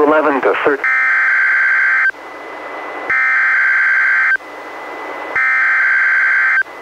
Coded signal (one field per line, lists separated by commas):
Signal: Emergency Alert System (SAME) tones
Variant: header bursts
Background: speech